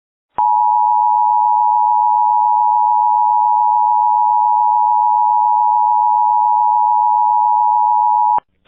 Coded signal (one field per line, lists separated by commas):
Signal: Emergency Alert System (SAME) tones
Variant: 853 and 960 Hz attention tone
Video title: EAS 163-165 - More EAS Alerts from the Repository